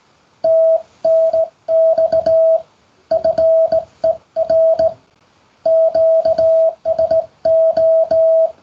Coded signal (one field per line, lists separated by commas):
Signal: Morse code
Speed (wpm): 18 wpm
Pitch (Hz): 650 Hz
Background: music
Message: TNX FER QSO